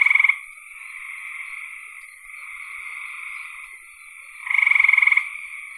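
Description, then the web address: Frog calls: continuous soft trilling, with a loud rapid pulsed rattle at the start and another about four seconds later. "cn frogs"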